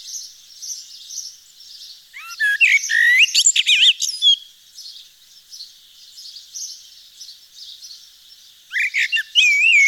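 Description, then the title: Eurasian blackbird song: a warbling fluted phrase running into thin, scratchy high notes, then silence with twittering, then another mellow phrase begins. Nord, France. "Sylvain Jaskowiak - Mes piafs. Merle noir dans le Nord"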